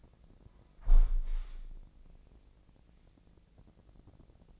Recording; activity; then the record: daily activity, microphone in the room; close window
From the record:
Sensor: 5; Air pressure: 1012.4 hPa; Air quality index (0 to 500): 157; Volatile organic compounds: 2 ppm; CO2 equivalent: 1067 ppm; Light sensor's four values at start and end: 99/239/101/111 and 99/239/100/111